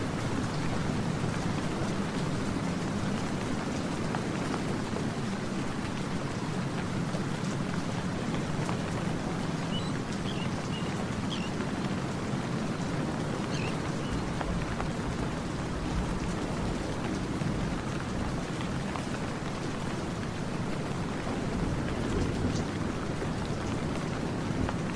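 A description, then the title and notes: Steady rain falls throughout, a dense, even hiss with a fuller low patter underneath. Individual drops tap faintly on a surface, and the level holds constant with no pauses or swells. A soft low rumble sits beneath the rain. Peaceful Rain Sound, Rain Ambience. Rain soundscapes.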